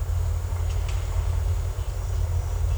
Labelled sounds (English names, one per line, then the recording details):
none
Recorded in secondary vegetation near Puerto Asís, Putumayo, Colombia, on 18 December 2024 at 12:00
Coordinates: 0.468, -76.324
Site G095